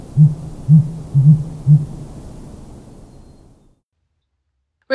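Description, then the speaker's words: Sooty Grouse booming display: four or five deep, pulsing hoots in about two seconds, low and resonant. The background then fades to silence. Male display boom used to attract females, limited to the breeding season; carries further than the Dusky Grouse's boom. "For a fun comparison, here is the display sound of the closely related sooty grouse."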